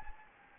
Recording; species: mosquito wingbeat signal from an infrared sensor; Anopheles gambiae